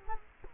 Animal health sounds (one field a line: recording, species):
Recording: mosquito wingbeat signal from an infrared sensor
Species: Culex quinquefasciatus